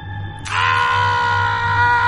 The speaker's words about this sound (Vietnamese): tiếng thét thất thanh vang lên phá vỡ không gian yên tĩnh của Vương Gia Thôn. Rất nhiều thôn dân nghe tiếng mà chạy đến.